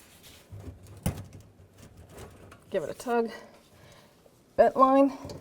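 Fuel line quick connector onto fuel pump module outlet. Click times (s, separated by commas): 1.1 s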